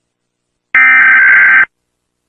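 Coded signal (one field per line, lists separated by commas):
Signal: Emergency Alert System (SAME) tones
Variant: header bursts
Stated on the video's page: Animated Emergency Alert System alarms.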